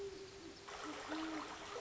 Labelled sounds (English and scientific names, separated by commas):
Great Horned Owl (Bubo virginianus)